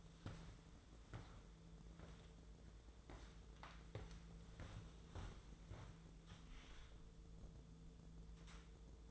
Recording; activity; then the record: daily activity, microphone in the room; walk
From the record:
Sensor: 3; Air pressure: 1005.4 hPa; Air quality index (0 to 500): 95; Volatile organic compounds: 3 ppm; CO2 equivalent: 1476 ppm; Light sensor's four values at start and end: 9/21/9/9 and 10/24/10/9